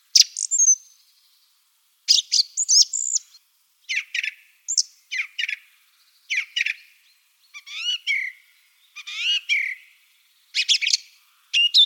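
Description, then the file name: Song thrush song, a varied run of brief phrases of clear notes, twittering trills and crisp repeated syllables, broken by short gaps. "Golosa ptic - Drozd pevchij"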